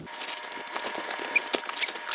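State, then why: Not seated. A plastic drip tray is handled at the front of a Primo Deluxe bottom-loading water dispenser's base as it is about to be pushed in. Light plastic rattles, taps and scrapes come through, with sharper ticks near 0.8, 1.4, 1.5, 1.9 and 2.0 seconds. Nothing has seated or clicked yet when the clip ends.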